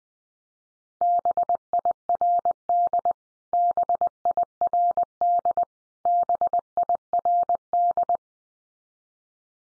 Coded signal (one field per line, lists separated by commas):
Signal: Morse code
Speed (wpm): 20 wpm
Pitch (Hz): 700 Hz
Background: none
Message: BIRD BIRD BIRD